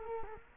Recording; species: mosquito wingbeat signal from an infrared sensor; Culex quinquefasciatus